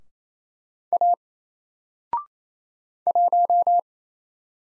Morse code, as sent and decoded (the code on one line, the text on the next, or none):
.- / .----
A 1